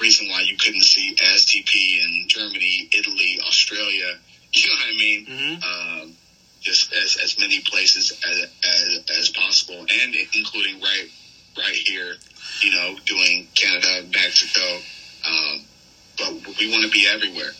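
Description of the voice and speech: An adult man, a professional wrestler, speaks in an interview with repeated small words ("as, as, as possible", "right right here"), filled pauses like "um", a laugh and brief hesitations between phrases. These whole-word repetitions fit his stutter, with otherwise fluent, clear speech.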